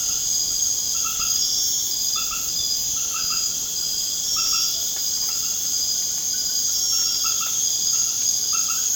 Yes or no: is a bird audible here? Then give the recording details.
no. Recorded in pastures near Puerto Asís, Putumayo, Colombia, on 30 June 2025 at 19:30. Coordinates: 0.496, -76.326. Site GP01